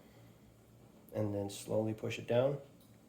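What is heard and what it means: A DDR SODIMM memory module is being fitted into the secondary memory slot of an Asus TUF A15 laptop: inserted at an angle until it bottoms out, then slowly pushed down toward the slot's metal retaining clips. Someone talks over a quiet background for the 3.1 seconds. Nothing has seated or clicked yet.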